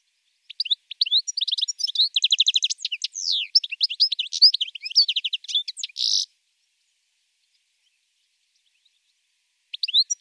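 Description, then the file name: European goldfinch delivering a long, rambling twittered phrase with fast trills and a harsh buzzy ending, then silence before a new phrase starts. "chardonneret"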